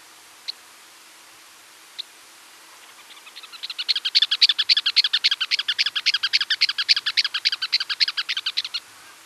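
Campo Miner call: two isolated short notes, then a long fast series of sharp notes, swelling and then holding steady for several seconds.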